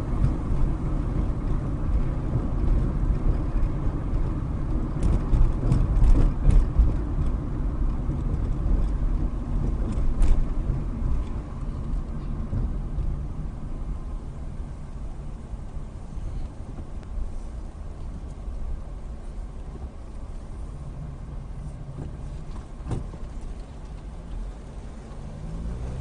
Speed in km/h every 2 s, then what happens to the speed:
32, 32, 32, 29, 27, 24, 16, 10, 10, 8, 6, 5, 8.
0-14 slows to 10. 14-23 steady at about 8.